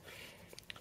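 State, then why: Seated. A Kershaw Beacon folding knife is closed, and the indentation in its steel blade drops into the frame lock's detent, which keeps the knife from opening easily. After a quiet background with a couple of faint ticks, a sharp click is heard at 0.7 s as the blade snaps into place and is seated.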